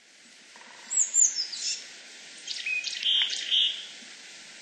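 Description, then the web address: Willow tit calling: thin, high sweeping notes, then a short run of lower, flatter notes over quiet hiss. Recorded at Nasushiobara on 31 March 2015. "koe kogara nasushiobara 150331 hirano"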